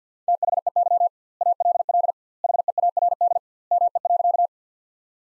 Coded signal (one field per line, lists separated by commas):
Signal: Morse code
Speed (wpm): 50 wpm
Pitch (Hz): 700 Hz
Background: none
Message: THEY ALL HEARD ME.